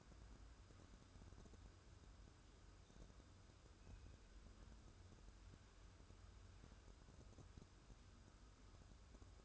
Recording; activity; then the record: daily activity, microphone in the room; wipe stove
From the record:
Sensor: 2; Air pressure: 1015.0 hPa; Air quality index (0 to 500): 73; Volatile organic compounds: 1 ppm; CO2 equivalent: 900 ppm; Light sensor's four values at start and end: 13/35/14/15 and 13/35/14/15